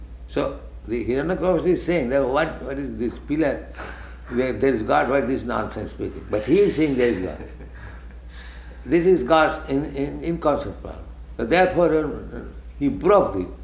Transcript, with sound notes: So the Hiraṇyakaśipu is saying that "What, what is this pillar, that there is God? What is this nonsense speaking?" But he is seeing there is God. [laughter] This is God's in..., inconceivable power. So therefore he broke